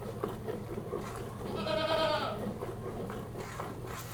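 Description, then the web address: Goat giving a single drawn-out, wavering bleat lasting about a second, over faint background sounds. One goat being hand-milked. "BBC Sound Effects Library. One Goat Hand-Milked"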